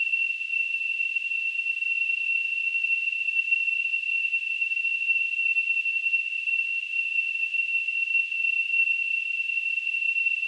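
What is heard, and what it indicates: A steady, unbroken high-pitched whistle, around 3 kHz, with a faint hiss around it, holds unchanged for about ten seconds. It is a simulation of tinnitus, the ringing or whistling a person hears in the ears without any outside sound.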